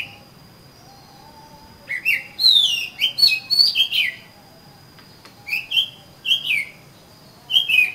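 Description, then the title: Oriental magpie-robin singing varied, rich whistled phrases with sliding notes in short bursts, separated by pauses; a steady thin high tone runs throughout. "Kacer Kacer"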